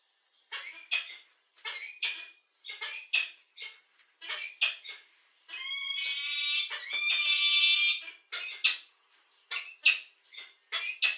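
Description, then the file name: Peregrine falcon calling with harsh, rasping notes in short bursts about once a second, broken midway by a long, drawn-out harmonic wail lasting around two and a half seconds. "sokolwedrowny"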